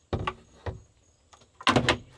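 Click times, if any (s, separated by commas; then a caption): 1.7 s, 1.9 s. A table post is pushed down into a 3D-printed plastic receiver mounted in a camper, with a few light knocks as it is lined up. It then snaps home with two sharp clicks at 1.7 s and 1.9 s, and the post is seated.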